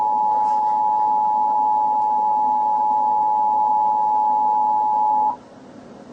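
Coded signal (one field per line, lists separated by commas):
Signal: Emergency Alert System (SAME) tones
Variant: 853 and 960 Hz attention tone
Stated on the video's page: Simulated EAS scenario with a civil danger warning, shelter in place warning, emergency action notification and emergency message advisory.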